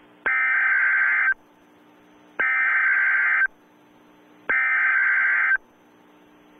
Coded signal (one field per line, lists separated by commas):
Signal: Emergency Alert System (SAME) tones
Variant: header bursts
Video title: EAS Scenario - The Unknown Announcement